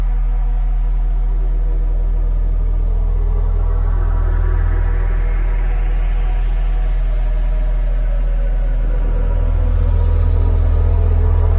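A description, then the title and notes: Steady layered tones at 174, 417 and 741 Hz hold over a deep droning hum, with a faint rising sweep from about four seconds. 174Hz+417Hz+741Hz.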